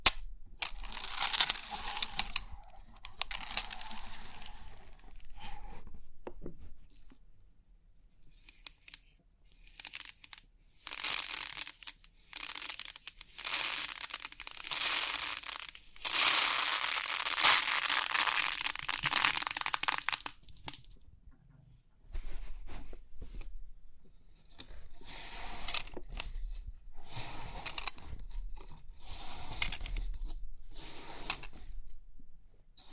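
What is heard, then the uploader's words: A 3D pin art toy is pressed and shifted, giving crisp, bright clicking and rattling in short bursts and longer dense runs. The busiest stretch comes around 16–20 seconds, with near-silent pauses near 7 and 21–24 seconds before irregular bursts resume. Crisp 3D Pin Art Tingles(No Talking).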